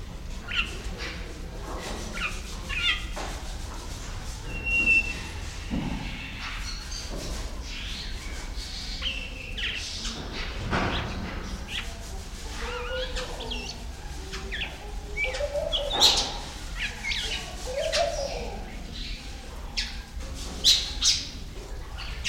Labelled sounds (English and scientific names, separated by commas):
Violet-backed Starling (Cinnyricinclus leucogaster)